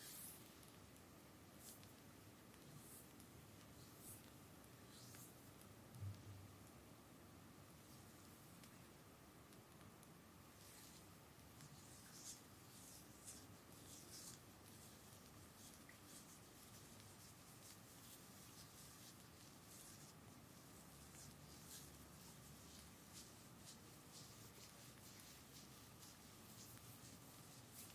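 A full body massage with bamboo goes on steadily, a constant low rubbing and rustling hum with a faint steady tone running through it. Short bright scrapes and taps come every second or so, with a slightly louder knock near six seconds.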